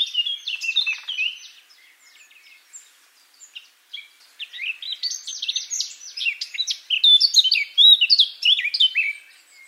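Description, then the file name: Eurasian blackcap song, a fast scratchy-and-fluty jumble at first, a quieter pause with soft notes, then a loud, rapid, varied warble to the end. "Sylvia atricapilla"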